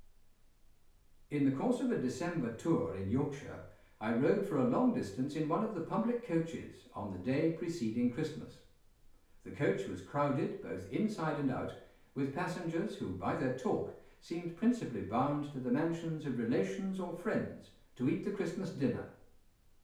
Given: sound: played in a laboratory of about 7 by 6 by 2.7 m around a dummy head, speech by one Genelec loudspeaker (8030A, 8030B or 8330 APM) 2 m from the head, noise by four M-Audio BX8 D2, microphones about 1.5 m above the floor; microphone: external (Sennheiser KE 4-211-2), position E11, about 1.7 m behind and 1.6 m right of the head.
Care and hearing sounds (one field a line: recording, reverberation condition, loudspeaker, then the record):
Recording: male speech in English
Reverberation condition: medium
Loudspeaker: 90 degrees to the left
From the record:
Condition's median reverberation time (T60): about 510 ms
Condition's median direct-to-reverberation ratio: about -0.5 dB